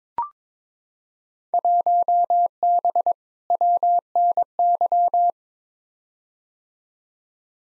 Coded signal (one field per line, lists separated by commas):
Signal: Morse code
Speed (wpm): 22 wpm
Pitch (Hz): 700 Hz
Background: none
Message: 1B WNY